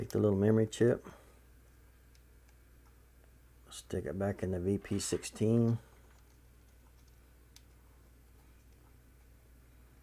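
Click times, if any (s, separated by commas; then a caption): none. A small memory card is handled on its way back into the card slot of a Volo VP16 handheld tuner device. Someone talks, then a few faint ticks and one brief sharp tick near 7.6 s are heard over a low hum. Nothing has seated or clicked into the slot yet.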